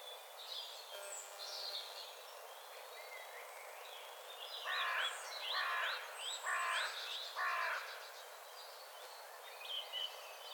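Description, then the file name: Carrion crow uttering four harsh, rasping caws about one second apart in the middle, with high chirps and twitters of other birds around. "Corvus corone"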